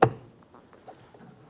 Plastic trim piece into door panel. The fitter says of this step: Listen for a click. Double check. Make sure that's secured in place.